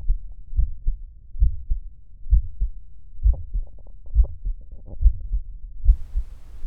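Heart sounds at about 72 beats per minute with Still's murmur, an innocent murmur common in healthy people, heard through a stethoscope in a 20-year-old man.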